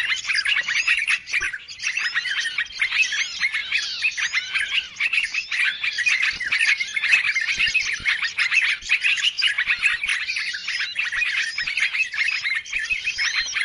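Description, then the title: Birds twittering constantly, a crowded mix of high tweets, trills and short whistled slurs layered over one another. Chorus of noisy birds used as a lure sound to attract birds; many birds said to approach as soon as it is played. "Baru Diputar Dah Banyak Merapat! Suara Pikat Burung Ribut"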